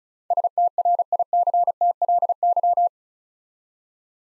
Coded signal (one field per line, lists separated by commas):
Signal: Morse code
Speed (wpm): 36 wpm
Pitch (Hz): 700 Hz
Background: none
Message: STRICTLY